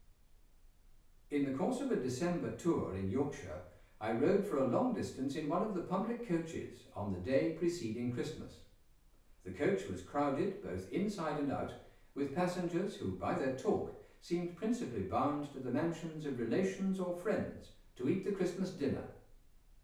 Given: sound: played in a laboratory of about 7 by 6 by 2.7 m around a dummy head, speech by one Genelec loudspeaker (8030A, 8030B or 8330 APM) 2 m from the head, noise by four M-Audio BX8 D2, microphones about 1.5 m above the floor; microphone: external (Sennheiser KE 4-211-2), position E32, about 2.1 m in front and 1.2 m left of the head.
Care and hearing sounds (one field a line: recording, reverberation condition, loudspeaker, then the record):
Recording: male speech in English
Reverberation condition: medium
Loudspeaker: 150 degrees to the left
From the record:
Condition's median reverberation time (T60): about 510 ms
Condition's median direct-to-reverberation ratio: about -0.5 dB